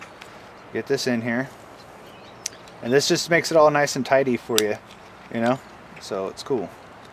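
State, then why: Not seated. Someone talks while handling the turn signal wiring and its plastic piece for a TST Industries MECH-GTR front LED turn signal going into the front mount of a 2019 Yamaha MT-09. Brief sharp ticks are heard at about 0.2 s and 2.5 s between the talking. The piece is being pressed into place, but nothing has seated or clicked yet.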